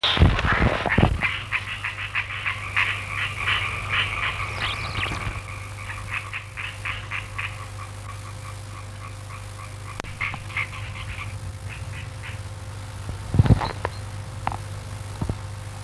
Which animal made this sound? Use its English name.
Common Tree Frog